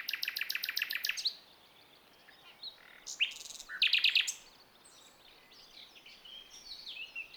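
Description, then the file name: Common nightingale song: a fast series of loud repeated notes, then pauses and a second burst of rapid churring elements, with softer varied phrases afterward. "Luscinia megarhynchos"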